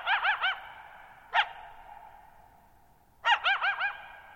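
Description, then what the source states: Coyote yipping: quick bursts of three or four short arched yelps, a single sharp yip between them, each burst ringing on briefly before quiet. Lone coyote calling on the night of July 14, 2019, at Thirtymile Meadows, Okanogan National Forest, 6400 ft (1950 m), bowl-shaped meadow on a high dry plateau.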